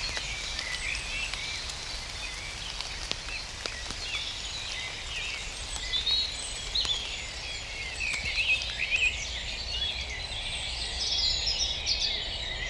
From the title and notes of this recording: Here the wave of silence is traced through recordings of the dawn chorus, made each day throughout the early summer.